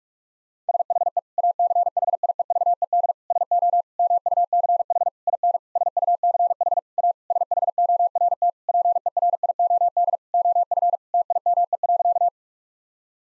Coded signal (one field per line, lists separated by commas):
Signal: Morse code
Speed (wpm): 46 wpm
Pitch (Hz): 700 Hz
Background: none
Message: SHE ACHIEVED SO MUCH IN SUCH A SHORT PERIOD OF TIME.